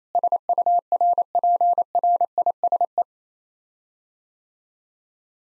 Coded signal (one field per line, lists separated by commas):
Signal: Morse code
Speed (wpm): 28 wpm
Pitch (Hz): 700 Hz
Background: none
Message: SURPRISE